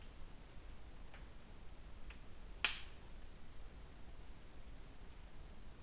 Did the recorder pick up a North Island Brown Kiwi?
no